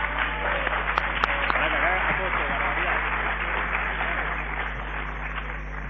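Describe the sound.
Steady crowd applause runs for about six seconds at an even, moderately loud level, mixed with cheering and indistinct voices from the audience.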